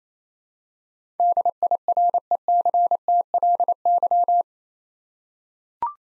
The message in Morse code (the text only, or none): DIRECTLY